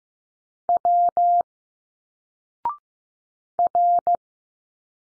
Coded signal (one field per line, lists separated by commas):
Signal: Morse code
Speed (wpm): 15 wpm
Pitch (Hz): 700 Hz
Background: none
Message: W R